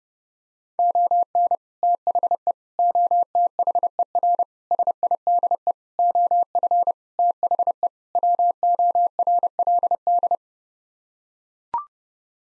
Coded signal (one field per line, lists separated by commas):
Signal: Morse code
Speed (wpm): 30 wpm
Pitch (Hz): 700 Hz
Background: none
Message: ON THE OTHER SIDE OF THE WORLD